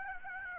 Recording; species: mosquito wingbeat signal from an infrared sensor; Aedes aegypti